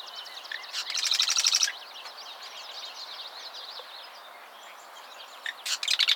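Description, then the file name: Mourning warbler song: a fast burst of repeated notes early on, a busy chorus of soft high bird calls, then another phrase starting at the end. Recorded in the USA, Minnesota, at Old Cedar Ave, on 14 July 2012. "JMJ-20120714-070616-000739-USA-MN-Old Cedar Ave-MAWR"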